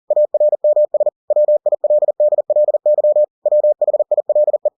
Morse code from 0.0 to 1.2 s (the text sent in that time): ARMS